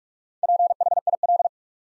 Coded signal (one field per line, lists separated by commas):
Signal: Morse code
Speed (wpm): 44 wpm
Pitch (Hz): 700 Hz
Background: none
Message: PHIL